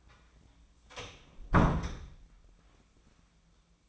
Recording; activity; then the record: daily activity, microphone in the room; close door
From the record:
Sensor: 1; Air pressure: 1009.2 hPa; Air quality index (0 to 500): 191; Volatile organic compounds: 4 ppm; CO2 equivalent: 1604 ppm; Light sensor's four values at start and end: 35/95/39/45 and 35/94/38/45